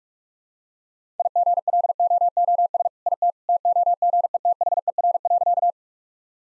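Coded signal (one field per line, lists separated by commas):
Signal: Morse code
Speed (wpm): 42 wpm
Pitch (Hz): 700 Hz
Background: none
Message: IGLOOS IT TOGETHER.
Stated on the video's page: Practice set of all-age jokes at 45 wpm, with context hints.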